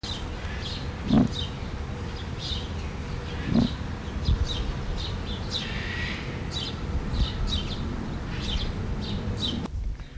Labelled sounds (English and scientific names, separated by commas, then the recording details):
Emu (Dromaius novaehollandiae) call
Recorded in captivity
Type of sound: call
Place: Zoo Berlin, Berlin, DE
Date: 1999-07-20 17:39
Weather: heiter bis Gewitter, 26-28°C
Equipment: Sony WM-D6C, Sennheiser ME 80, Kopie Uher 4000 Report Monitor
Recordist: Tembrock, Günter
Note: Zwei Laute, am Gitter (durch Mikrofon ausgelöst), Kopfabwenden; steht auf